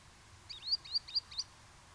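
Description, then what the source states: Green sandpiper call: a quick run of four or five sharp, high whistled notes over quiet low background noise. Arne Moors.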